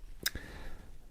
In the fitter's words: the tools they lock into place.